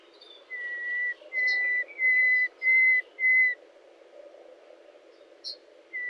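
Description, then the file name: Common nightingale song: a series of five steady pure whistles, each about half a second long and growing louder, followed by silence, a faint note and the start of another whistle. "Luscinia megarhynchos"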